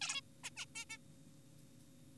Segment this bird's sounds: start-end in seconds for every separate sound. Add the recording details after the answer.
0.01-0.21, 0.44-0.50, 0.57-0.65, 0.75-0.85, 0.90-0.98. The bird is an adult. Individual g4p5U